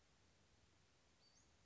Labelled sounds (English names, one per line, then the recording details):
Western Flycatcher
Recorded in Sonoma County, California